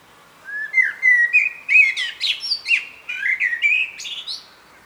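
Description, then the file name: Common blackbird song, a continuous run of flute-like warbling notes broken by high, scratchy squeaks, repeated through the phrase. "Turdus merula"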